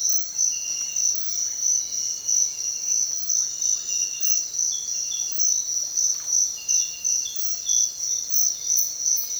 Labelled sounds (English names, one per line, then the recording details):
Bright-rumped Attila
Russet-backed Oropendola
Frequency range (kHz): Bright-rumped Attila 2.0-2.6 kHz; Russet-backed Oropendola 0.2-3.5 kHz
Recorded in secondary vegetation near Puerto Asís, Putumayo, Colombia, on 29 June 2025 at 06:00
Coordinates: 0.499, -76.323
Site G077